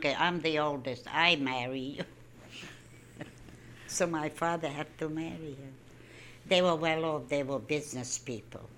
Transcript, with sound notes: I'm the oldest. I marry you." (She laughs.) So my father had to marry her. They were well off. They were business people.